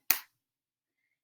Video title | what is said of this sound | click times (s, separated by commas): Alphabet Craft Book Bb | put the lid on till i hear a click | 0.1 s